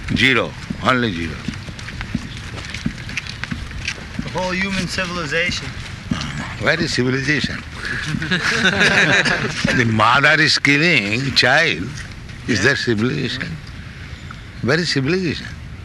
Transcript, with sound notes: Zero, only zero.
The whole human civilization.
Where is civilization? [laughter] The mother is killing child---is that civilization? Where is civilization?